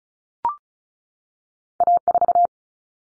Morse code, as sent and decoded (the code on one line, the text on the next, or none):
.- ....-
A4